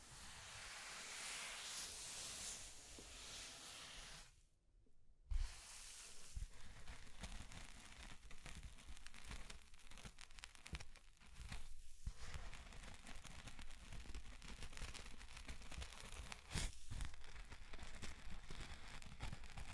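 Dry scratching and tracing, a dense rough hiss with quick crackly strokes throughout. It starts airy and bright, drops almost to silence just before five seconds, then resumes with uneven rubbing and brief pauses near 12 and 17 seconds.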